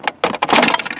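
A plastic trim panel is lined up and pushed into a car's center console. It snaps into place with sharp clicks at 0.2 s and 0.4 s, followed by some lighter plastic rattling and small knocks. The panel is seated and clicked home.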